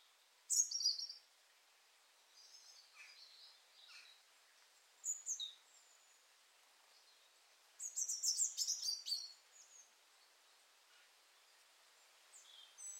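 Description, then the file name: European robin song: brief high tinkling phrases separated by pauses of one to a few seconds, one longer jumbled phrase after the middle. "Erithacus rubecula"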